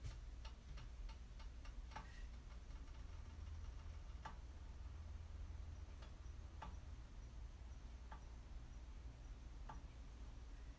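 Okonomiyaki cooking on a hot griddle: a steady low hum sits under a soft, even hiss. Sharp little pops and ticks come quickly in the first two seconds, then thin out to a crackle every second or two.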